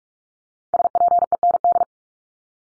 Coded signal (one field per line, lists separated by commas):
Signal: Morse code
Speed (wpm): 44 wpm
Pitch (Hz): 700 Hz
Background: none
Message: SPEND